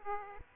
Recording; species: mosquito wingbeat signal from an infrared sensor; Aedes aegypti